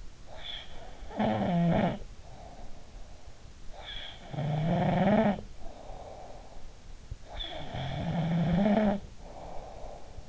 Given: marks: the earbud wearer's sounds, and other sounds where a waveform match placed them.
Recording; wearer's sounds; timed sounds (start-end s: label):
sounds in sleep by an in-ear microphone; snoring breath
0.00-2.76 s: snoring breath
3.83-6.75 s: snoring breath
7.27-10.29 s: snoring breath